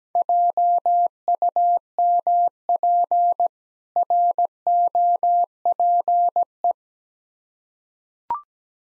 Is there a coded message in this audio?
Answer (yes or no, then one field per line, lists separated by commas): yes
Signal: Morse code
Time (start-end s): 0.1-6.7 s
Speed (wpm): 17 wpm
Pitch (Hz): 700 Hz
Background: none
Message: JUMP ROPE